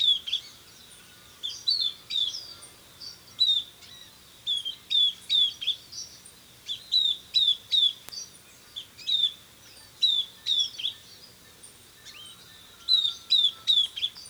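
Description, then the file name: Southern beardless tyrannulet repeating high, thin, falling whistles in irregular bursts of two to four notes throughout, with faint background noise. "Camptostoma obsoletum - Southern Beardless Tyrannulet"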